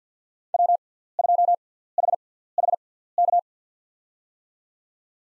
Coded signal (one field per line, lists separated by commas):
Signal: Morse code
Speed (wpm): 50 wpm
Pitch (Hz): 700 Hz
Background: none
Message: W2HHK